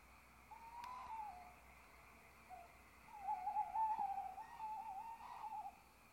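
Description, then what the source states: Owl hoots, several wavering, quavering mid-pitched notes in bursts, the longest trembling for over a second, with a brief click. Owls (chouettes) recorded at Ker Anna.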